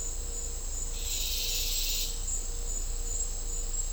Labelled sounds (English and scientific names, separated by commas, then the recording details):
none
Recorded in dense forest near Puerto Asís, Putumayo, Colombia, on 20 December 2024 at 11:00
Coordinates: 0.499, -76.324
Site G045